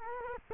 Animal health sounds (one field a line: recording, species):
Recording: mosquito wingbeat signal from an infrared sensor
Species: Culex quinquefasciatus